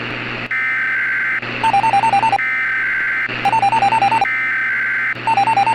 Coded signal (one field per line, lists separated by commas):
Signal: Emergency Alert System (SAME) tones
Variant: header bursts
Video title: (ARCHIVED) (EAS Mock) Sacramento 911 Telephone Outage Emergency